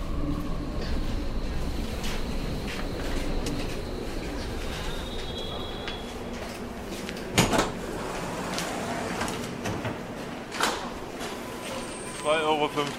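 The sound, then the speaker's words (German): A few sharp metallic clinks of coins dropping into a paper cup carried by a beggar collecting money through a U-Bahn subway train, spaced apart over a steady rumbling train background with indistinct voices murmuring. “Und schon klappern die ersten Münzen in den Becher.”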